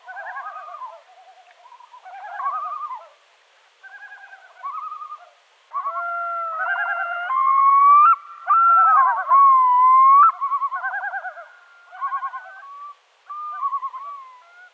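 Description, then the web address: Yellow-billed loon display calls: tremulous quavering phrases from several birds, joined midway by long drawn-out wailing notes that rise and bend, overlapping in a loud chorus. Display calling by several birds together. "gavia adamsii tokovanie neskolkih ptic"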